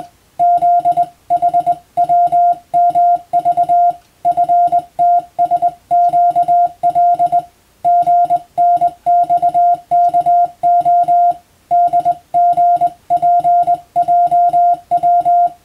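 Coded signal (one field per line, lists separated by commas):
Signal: Morse code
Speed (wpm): 20 wpm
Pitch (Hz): 700 Hz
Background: music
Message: ZHWMV FTSQL GNXKO DGPJW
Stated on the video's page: Morse practice recorded on the amateur bands by a first-class radiotelegraph operator, aimed at Japan's Morse exam.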